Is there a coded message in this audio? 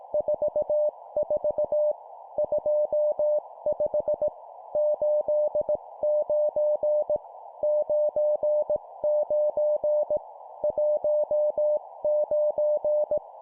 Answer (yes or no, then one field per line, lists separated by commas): yes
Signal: Morse code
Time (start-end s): 0.1-13.2 s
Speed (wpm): 18 wpm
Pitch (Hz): 600 Hz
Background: none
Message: 44 25 89 99 19